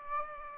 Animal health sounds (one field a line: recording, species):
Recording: mosquito wingbeat signal from an infrared sensor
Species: Aedes aegypti